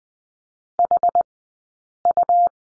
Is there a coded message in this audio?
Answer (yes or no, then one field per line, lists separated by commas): yes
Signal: Morse code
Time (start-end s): 0.8-2.5 s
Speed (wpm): 20 wpm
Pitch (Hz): 700 Hz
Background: none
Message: HU